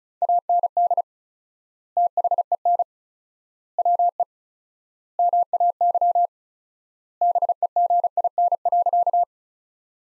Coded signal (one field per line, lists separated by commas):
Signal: Morse code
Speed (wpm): 34 wpm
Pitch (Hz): 700 Hz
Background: none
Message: AND THEN WE MAY BEGIN.